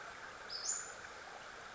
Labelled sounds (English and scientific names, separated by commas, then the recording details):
Western Flycatcher (Empidonax difficilis)
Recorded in Sonoma County, California